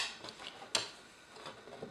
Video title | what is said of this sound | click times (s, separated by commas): HOW TO REWIRE A VERSION 2 GEARBOX | push down it should snap into place | 0.8 s